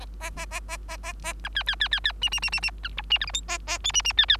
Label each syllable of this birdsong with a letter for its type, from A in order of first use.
A A A A A A A B C C C C C D D D D D B E D F G H A A I D D C C